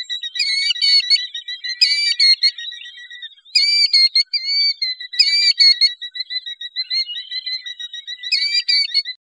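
Killdeer calls: loud clear whistled notes, repeated rapidly in bursts and a rolling trill, clean with no other sounds.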